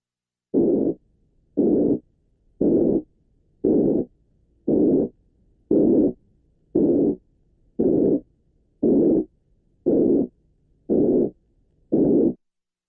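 Twelve evenly spaced hissing bursts, about 58 a minute, each a very narrow band of noise made by passing white noise through a band filter, grouped around 360 vibrations per second, with weaker higher and lower frequencies. Electronically filtered white noise imitating the quality of a high-pitched blowing murmur.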